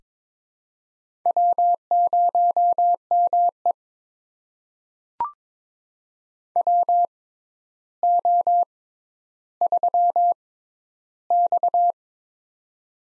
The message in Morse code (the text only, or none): W0ME WO3X